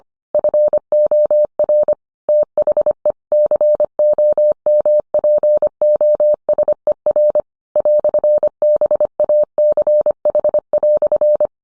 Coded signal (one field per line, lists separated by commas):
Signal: Morse code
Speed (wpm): 25 wpm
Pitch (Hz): 600 Hz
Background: none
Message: FOR THE COMPOSER "BACH"